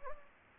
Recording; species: mosquito wingbeat signal from an infrared sensor; Anopheles gambiae